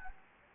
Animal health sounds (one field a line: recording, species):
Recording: mosquito wingbeat signal from an infrared sensor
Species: Anopheles gambiae